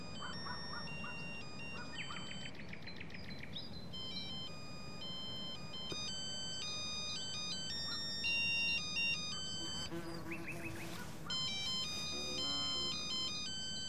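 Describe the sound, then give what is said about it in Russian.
A mobile phone ringtone beeps out a bright, repeating electronic melody of high tonal notes, playing continuously over a low rumbling background hum. “Перестань пищать, сволочь!”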